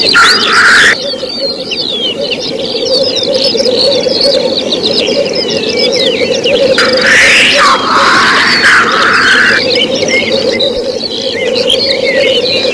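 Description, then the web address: Black grouse chorus of endless low bubbling cooing, punctuated by a hiss at the start and hoarse hissing bursts midway, with much high twittering above. "glo cietrze"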